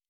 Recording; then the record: hydrophone in a shrimp aquaculture tank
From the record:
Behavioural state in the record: normal